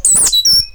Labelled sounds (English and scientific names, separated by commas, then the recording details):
Stitchbird (Notiomystis cincta) song
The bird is a male
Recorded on Tiritiri Matangi Island, New Zealand, in 2005
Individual 8, of nest box 10